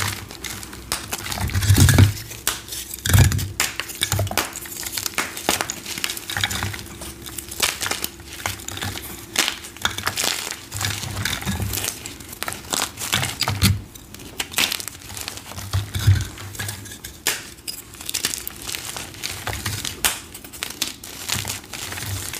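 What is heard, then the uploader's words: Crunchy reformed chalk and cornstarch are crushed and crumbled, giving dense, irregular crackles and sharp crunches throughout. Louder thumping squeezes land every second or two, especially near the start. A faint steady hum sits underneath. Satisfying flaky lime green dyed gym chalk + deep purple cornstarch crunchies + crunchy reforms + baby oil.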